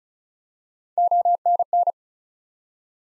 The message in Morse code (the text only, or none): ONN